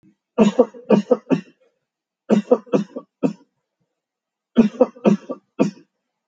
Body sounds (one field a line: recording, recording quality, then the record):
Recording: shallow voluntary cough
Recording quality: excellent, no background noise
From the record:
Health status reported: healthy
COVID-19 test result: not tested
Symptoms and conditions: none ticked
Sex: male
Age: 30 years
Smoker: not ticked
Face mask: not worn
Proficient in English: yes